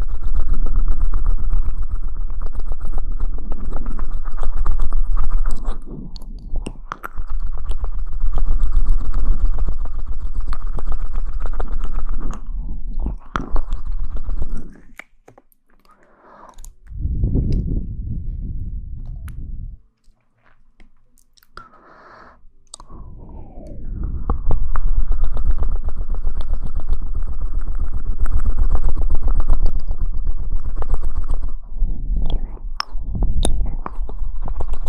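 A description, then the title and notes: Mouth sounds, dense wet chewing and crunching for the first fifteen seconds, a near-silent gap around twenty seconds, then resuming steadily. Mouth Sounds.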